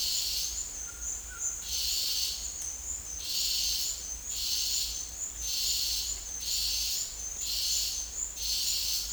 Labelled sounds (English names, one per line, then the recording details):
none
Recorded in dense forest near Puerto Asís, Putumayo, Colombia, on 26 December 2024 at 09:30
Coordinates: 0.484, -76.325
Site G056